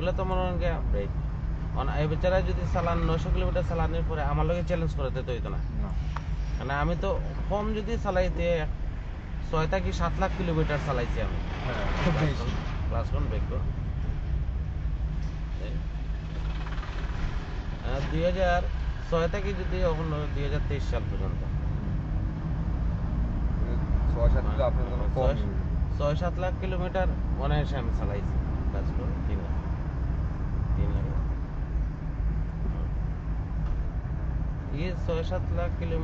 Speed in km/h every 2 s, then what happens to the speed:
32, 25, 24, 22, 15, 12, 11, 10, 17, 19, 11, 12, 14, 23, 28, 27, 25, 28.
0-9 slows to 12. 13-17 speeds up to 19. 17-20 slows to 11. 20-28 speeds up to 28. 28-36 steady at about 27.